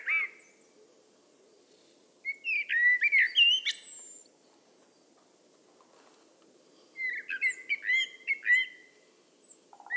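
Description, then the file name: Eurasian blackbird song, two rich warbled phrases separated by a pause, each mixing mellow whistles with thin high twitters. "Turdus merula"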